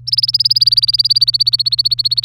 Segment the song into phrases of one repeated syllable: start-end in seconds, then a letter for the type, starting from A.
0.07-2.24 A